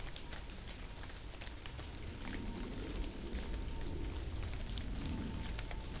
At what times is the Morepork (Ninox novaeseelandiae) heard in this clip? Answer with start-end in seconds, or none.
none